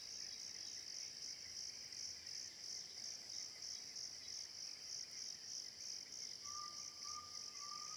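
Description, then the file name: Cricket keeps up a steady, shrill pulsing chirp, beating roughly three times per second, while one faint, thin rising whistle from some other creature appears late in the recording. Recorded live in forest, with a distant bird or other animal calling. "Grilos cigarras inseto diferente na mata das andorinhas, passaro, animal diferente longe"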